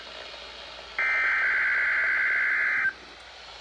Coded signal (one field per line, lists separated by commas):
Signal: Emergency Alert System (SAME) tones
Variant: header bursts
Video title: EAS #32 and #33 Required Weekly Tests